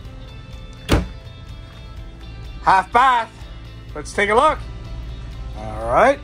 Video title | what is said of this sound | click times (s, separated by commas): 2017 Newmar Dutch Star 4369 | these actually lock into place you just press in and they come out | 0.9 s